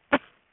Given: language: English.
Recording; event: throat vibration sensor signal played as sound; cough